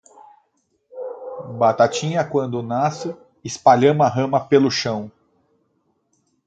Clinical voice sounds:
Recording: short text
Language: Brazilian Portuguese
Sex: male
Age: 30 to 39 years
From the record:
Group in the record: control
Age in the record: 35 years

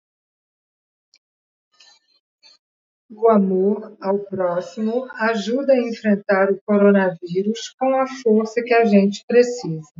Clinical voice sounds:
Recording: spoken sentence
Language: Brazilian Portuguese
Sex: female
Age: 60 to 69 years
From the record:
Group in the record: control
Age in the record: 66 years

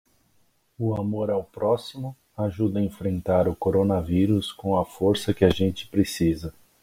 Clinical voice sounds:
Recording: spoken sentence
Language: Brazilian Portuguese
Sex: male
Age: 30 to 39 years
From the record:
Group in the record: control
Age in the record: 39 years

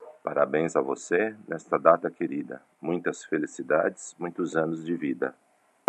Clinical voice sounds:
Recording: short text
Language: Brazilian Portuguese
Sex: male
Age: 50 to 59 years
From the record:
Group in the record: control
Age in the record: 56 years

